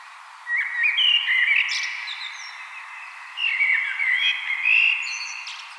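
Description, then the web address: Common blackbird song: two fluted warbling phrases a few seconds apart, each closing with brief high twitters. "vogelstimmen amsel gesang nabu lars lachmann"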